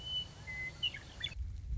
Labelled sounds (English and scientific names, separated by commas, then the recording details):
Western Meadowlark (Sturnella neglecta)
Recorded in Sonoma County, California